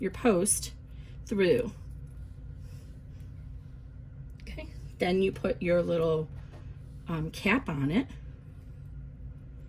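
A small plastic snap cap is set onto the stud post poking through a folded key fob tab, before it is pushed home. Someone talks in short bursts over a low steady hum, with faint handling sounds between phrases. Nothing has clicked yet.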